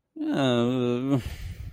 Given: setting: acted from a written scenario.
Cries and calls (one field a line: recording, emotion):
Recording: vocal sound without words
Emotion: guilt